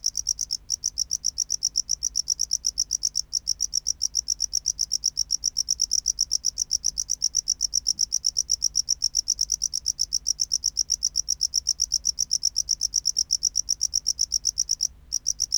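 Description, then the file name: Tropical house cricket song: long run of crisp, rapid high chirps at a steady pace, briefly interrupted near the end. "Bio Acoustica Gryllodes sigillatus"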